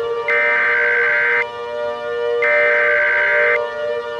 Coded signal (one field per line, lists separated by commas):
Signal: Emergency Alert System (SAME) tones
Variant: header bursts